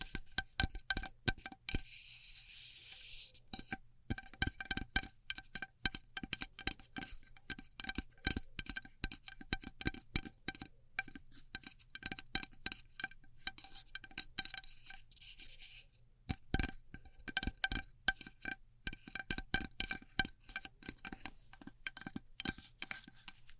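Glow sticks, slime, sticky tape and scissors are handled, making a dense, irregular stream of sharp clicks, snaps and clinks for the full length. Bright hissing bursts stand out near 2–3 seconds and again around 15 seconds, over a faint, steady low hum.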